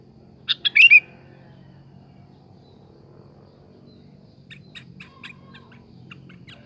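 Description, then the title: Sooty-headed bulbul song, a short bubbly phrase of three quick notes ending in a bright slurred whistle, followed by faint chirps. "Kutilang"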